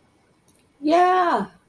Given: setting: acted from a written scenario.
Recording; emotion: vocal sound without words; elation